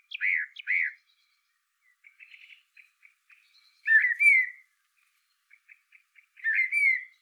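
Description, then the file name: Eurasian blackbird singing: two loud fluty notes, then faint chattering, then two more loud fluty phrases that slide upward and level off. "Turdus merula"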